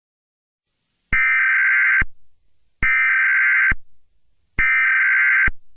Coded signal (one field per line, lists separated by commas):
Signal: Emergency Alert System (SAME) tones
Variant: header bursts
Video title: EAS Mock: War on the United States